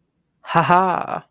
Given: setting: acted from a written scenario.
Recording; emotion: vocal sound without words; triumph